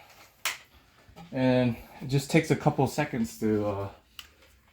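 The second retaining clip on the body of a Milwaukee M18 Rocket Tower portable light is undone with a single sharp snap at 0.5 s, releasing it during setup. Someone then talks, and a faint short tick follows near 4.2 s.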